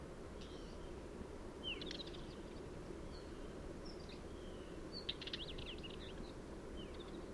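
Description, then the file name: Northern wheatear song: short scratchy, chattering phrases with thin whistled notes, scattered throughout over a steady low rumble of background noise. "Culbianco"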